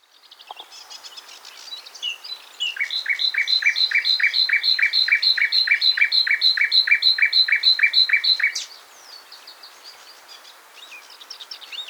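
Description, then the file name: Common nightingale song: a loud, fast series of many identical chirped notes, rising in volume, between softer scattered twitters before and after. "Luscinia megarhynchos"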